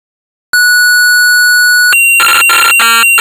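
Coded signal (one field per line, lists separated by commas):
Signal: computer data on cassette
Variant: Amstrad CPC 464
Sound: steady high tone, a higher tone, then harsh buzzing data bursts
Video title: Hard Hat Mack (1983) - Amstrad CPC 464 (Full Tape Rip / Cassette Load)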